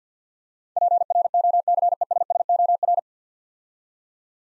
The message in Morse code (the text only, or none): PROCESSOR